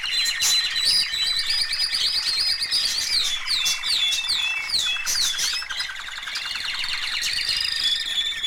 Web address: canaries